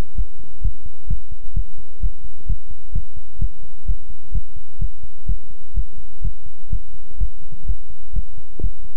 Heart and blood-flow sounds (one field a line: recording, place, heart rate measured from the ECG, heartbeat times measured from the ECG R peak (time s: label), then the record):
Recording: heart sounds by stethoscope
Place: between the tricuspid and mitral areas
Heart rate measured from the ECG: 128 bpm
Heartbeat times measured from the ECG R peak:
0.15 s: heartbeat
0.61 s: heartbeat
1.07 s: heartbeat
1.54 s: heartbeat
2.00 s: heartbeat
2.46 s: heartbeat
2.92 s: heartbeat
3.39 s: heartbeat
3.85 s: heartbeat
4.32 s: heartbeat
4.79 s: heartbeat
5.26 s: heartbeat
5.74 s: heartbeat
6.21 s: heartbeat
6.69 s: heartbeat
7.17 s: heartbeat
7.65 s: heartbeat
8.13 s: heartbeat
8.60 s: heartbeat
From the record:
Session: pedaling a stationary bicycle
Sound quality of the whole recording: good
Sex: male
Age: 24 years